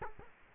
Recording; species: mosquito wingbeat signal from an infrared sensor; Culex quinquefasciatus